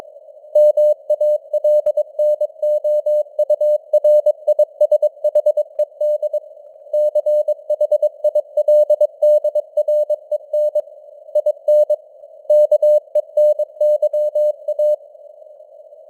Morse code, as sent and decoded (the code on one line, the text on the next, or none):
-- .- .-.. -. --- ..- .-. .. ... .... . -.. / -.-. .... .. .-.. -.. .-. . -. / .. -. / -.- . -. -.-- .-
MALNOURISHED CHILDREN IN KENYA